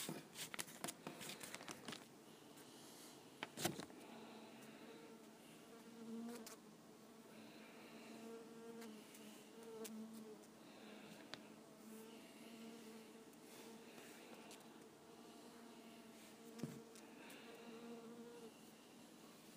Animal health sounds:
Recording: mosquito flight sound by mobile phone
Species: Culiseta incidens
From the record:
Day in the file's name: 2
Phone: iPhone 5

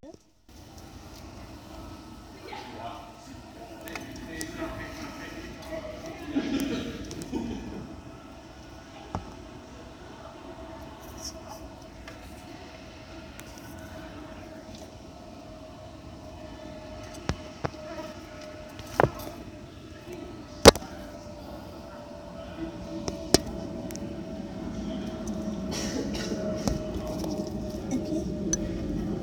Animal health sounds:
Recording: mosquito flight sound by mobile phone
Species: Aedes sierrensis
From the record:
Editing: field recording with all noises

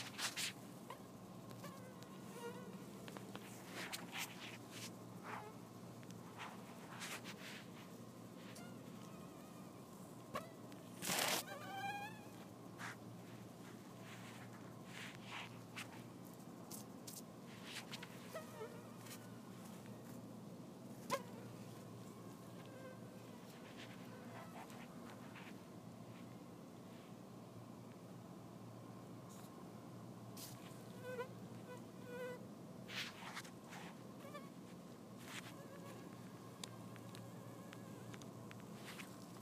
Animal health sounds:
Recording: mosquito flight sound by mobile phone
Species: Anopheles dirus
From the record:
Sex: male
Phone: iPhone 4S

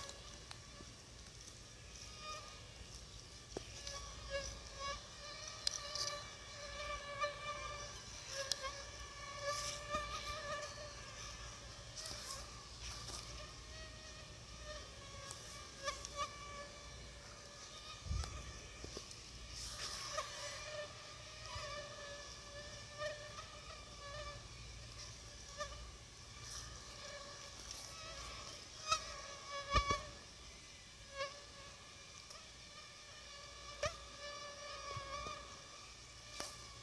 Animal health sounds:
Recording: mosquito flight sound by mobile phone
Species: Aedes aegypti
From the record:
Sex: female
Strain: 10130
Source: CDC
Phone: Sony Xperia

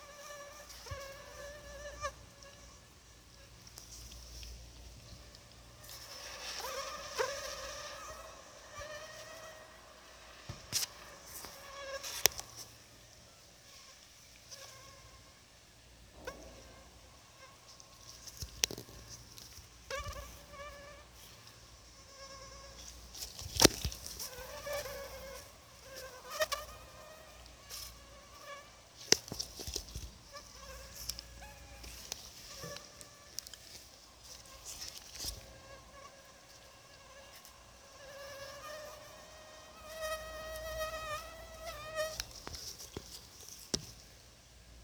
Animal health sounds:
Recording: mosquito flight sound by mobile phone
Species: Anopheles gambiae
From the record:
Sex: female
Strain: RSP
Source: CDC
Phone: Sony Xperia

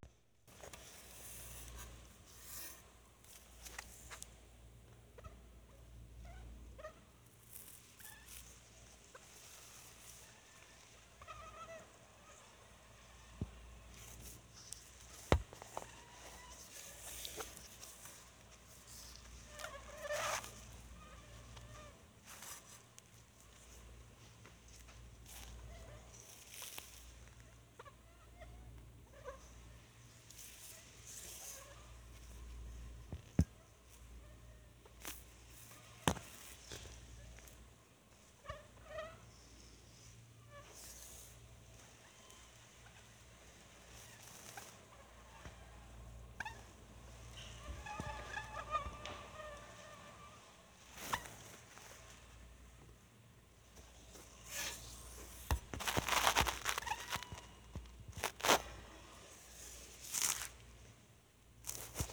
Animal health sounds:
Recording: mosquito flight sound by mobile phone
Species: Anopheles minimus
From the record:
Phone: Sony Xperia

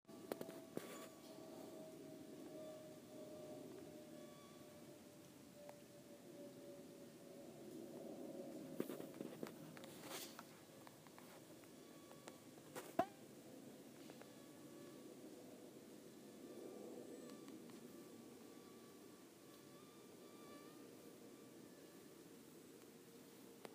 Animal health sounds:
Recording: mosquito flight sound by mobile phone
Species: Aedes sierrensis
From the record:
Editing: field recording with all noises

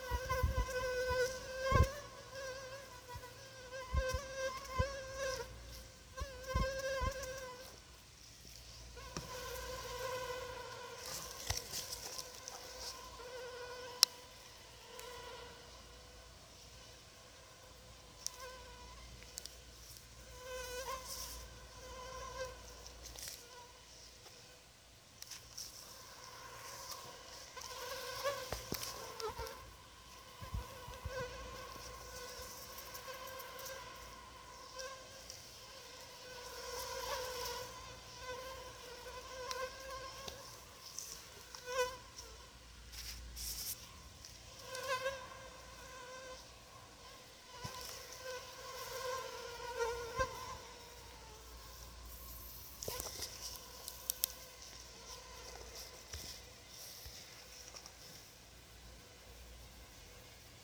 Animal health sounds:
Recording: mosquito flight sound by mobile phone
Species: Anopheles arabiensis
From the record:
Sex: female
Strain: Rufisque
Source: CDC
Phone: Sony Xperia

